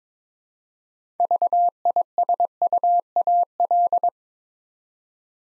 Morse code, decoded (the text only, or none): VISUAL